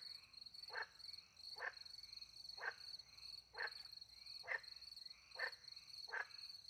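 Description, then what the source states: Frog gives short, knocking notes about once a second, with crickets trilling steadily throughout. Frogs with crickets, in the countryside at night beside a little pond in France; microphones hidden in a tree, recorded with two Usi Pro microphones into a MixPre-10 II.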